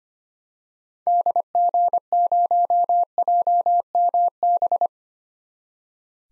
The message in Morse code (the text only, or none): DG0JMB